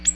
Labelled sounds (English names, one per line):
Ovenbird flight call